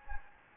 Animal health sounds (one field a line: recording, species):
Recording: mosquito wingbeat signal from an infrared sensor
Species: Anopheles gambiae